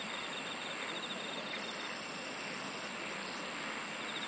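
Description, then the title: Insects chirring in an unbroken chorus, soft fast trills at two pitches over a constant hiss. "SINGING OF INSECTS"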